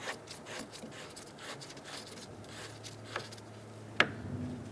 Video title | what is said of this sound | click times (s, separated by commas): How to Replace Thermostat Housing Assembly 2012-2018 Ford Focus 2.0L | Make sure it clicks closed. | 4.0 s